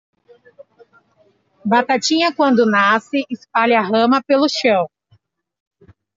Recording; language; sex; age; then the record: short text; Brazilian Portuguese; female; 30 to 39 years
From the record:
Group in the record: control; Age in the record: 34 years